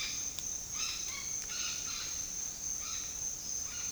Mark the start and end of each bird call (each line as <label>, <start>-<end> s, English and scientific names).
Mealy Parrot (Amazona farinosa), 0.00-3.91 s